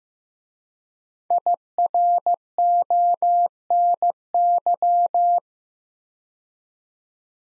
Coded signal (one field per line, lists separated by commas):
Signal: Morse code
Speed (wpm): 15 wpm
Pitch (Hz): 700 Hz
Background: none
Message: IRONY